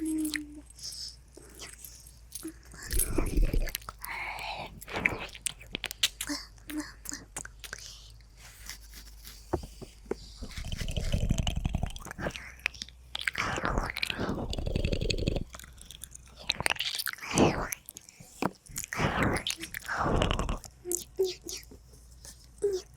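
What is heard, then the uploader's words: Close, chaotic ear eating and licking with fast wet clicks, smacks and crunchy bursts, heaviest around eleven, fifteen and twenty seconds, over faint low hum. ASMR Ear Eating Licking Fastest Chaotic.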